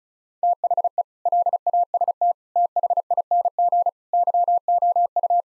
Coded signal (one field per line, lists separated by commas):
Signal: Morse code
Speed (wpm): 34 wpm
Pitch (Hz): 700 Hz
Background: none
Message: THE LAST THING YOU